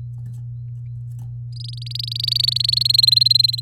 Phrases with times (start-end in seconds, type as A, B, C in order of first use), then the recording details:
1.52-2.83 A, 2.85-3.60 B. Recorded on 6 May 2018 at 06:01. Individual llb16